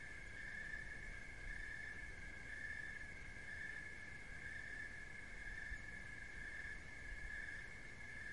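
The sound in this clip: Shrill cricket chirping, pulsing about once per second without pause, over a dull continuous low rumble.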